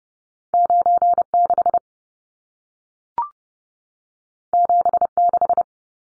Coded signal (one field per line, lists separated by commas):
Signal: Morse code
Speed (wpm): 30 wpm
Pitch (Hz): 700 Hz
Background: none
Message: 96 76